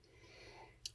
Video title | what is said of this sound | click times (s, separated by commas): Laser Cut a 3D Christmas Ornament 69 | and then slide toward the other slot and it'll snap right into place you won't even have to use any glue | 0.9 s